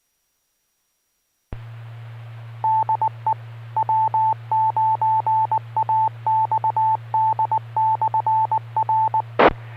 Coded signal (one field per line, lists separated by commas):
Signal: Morse code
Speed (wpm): 19 wpm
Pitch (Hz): 880 Hz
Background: radio noise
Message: DE W9AXD/R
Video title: Friday Night Fun Net | Amateur Radio Worldwide Live Stream Radio | KD9MED